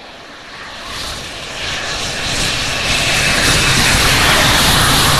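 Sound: airplane engine roar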